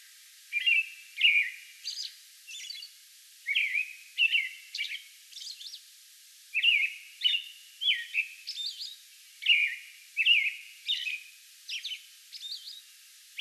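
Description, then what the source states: American robin song, rich caroling phrases delivered in clusters separated by short gaps, with thin high-pitched notes mixed in. Song bout recorded May 11.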